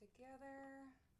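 The plastic cartridge or reservoir unit of a wearable Twiist insulin pump is lined up with the pump body while someone talks. The parts are being handled and pushed together, but nothing has seated or clicked yet.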